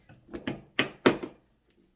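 A plastic stacking piece is pushed again onto a 24-inch $5 Dollar Tree stackable pumpkin decoration after an earlier piece failed to lock. A few faint taps and shuffles come first, then two loud, sharp clicks at 0.8 s and 1.1 s, and the piece snaps home and is seated on this second try.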